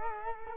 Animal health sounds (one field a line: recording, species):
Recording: mosquito wingbeat signal from an infrared sensor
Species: Culex quinquefasciatus